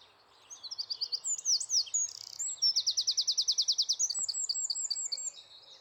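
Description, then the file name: Eurasian wren song, a fast, piercing sequence of warbled notes and a sustained rapid trill ending in chattering phrases, set against light background noise. "Troglodytes troglodytes"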